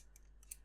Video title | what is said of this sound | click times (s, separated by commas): Fanhome Build the Knight Rider KITT - Stages 7-10 - Front Suspension, Steering and Brake Lines | also drehen Sie es einfach weiter, bis es dort vollständig eingerastet ist, einfach so, denn | 0.5 s